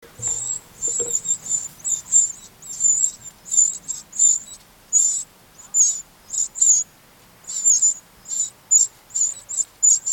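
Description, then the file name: Eurasian wren calling in a long, rapid run of sharp, high-pitched ticks, about two per second, some doubled, with a faint low background hum. "Troglodytes troglodytes"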